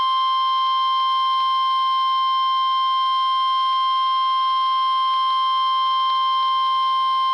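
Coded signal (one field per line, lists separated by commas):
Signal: Emergency Alert System (SAME) tones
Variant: 1050 Hz attention tone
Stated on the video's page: Required Weekly Test from NOAA weather radio WXL42, 162.400 MHz, Sauratown Mountain transmitter, received about 68 miles away on a RadioShack 12-254 weather radio.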